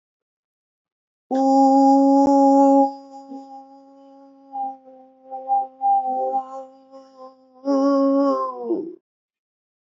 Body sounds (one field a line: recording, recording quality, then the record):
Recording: sustained vowel as in boot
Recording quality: excellent, no background noise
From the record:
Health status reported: healthy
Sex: female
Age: 25 years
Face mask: not worn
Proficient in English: yes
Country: India